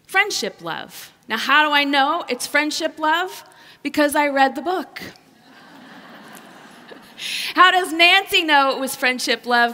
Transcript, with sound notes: Friendship love! Now how do I know it’s friendship love? Because I read the book! (laughter) How does Nancy know it is friendship love?